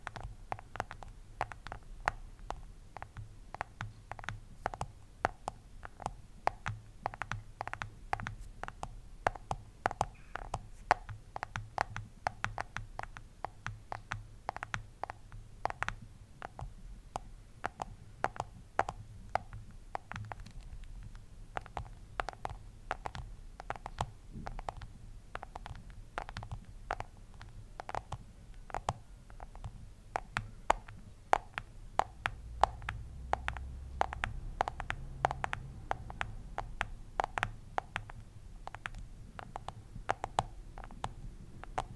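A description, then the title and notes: Fingers tap on a display in quick, uneven bursts, each tap a short dry click, continuing without pause for the whole recording. A low hum runs underneath, swelling into a deeper rumble around the 32 to 37 second mark. Display tapping. In today’s episode I’ll tap on my IPhone.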